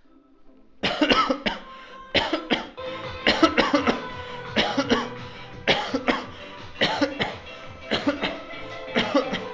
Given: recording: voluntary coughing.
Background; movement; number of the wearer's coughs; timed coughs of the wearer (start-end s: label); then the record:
music; walking; 18
0.81-1.10 s: cough
1.10-1.36 s: cough
1.44-1.72 s: cough
2.12-2.44 s: cough
2.48-2.74 s: cough
3.24-3.56 s: cough
3.55-3.83 s: cough
3.83-4.01 s: cough
4.55-4.88 s: cough
4.88-5.13 s: cough
5.65-6.05 s: cough
6.05-6.38 s: cough
6.78-7.19 s: cough
7.19-7.41 s: cough
7.90-8.21 s: cough
8.21-8.41 s: cough
8.94-9.27 s: cough
9.27-9.54 s: cough
From the record:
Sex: male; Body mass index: 22.0 kg/m2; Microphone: on the chest, facing outward